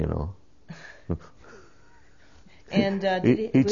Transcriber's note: laughs